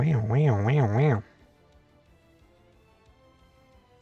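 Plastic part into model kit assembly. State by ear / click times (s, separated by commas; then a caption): not seated / none. Someone talks over music for the first 1.2 seconds while a plastic part is fitted into an MG Gouf 2.0 model kit assembly; the rest is quiet low background noise until a brief sharp tick at 4.0 seconds. The part does not lock into place, and nothing has seated or clicked yet.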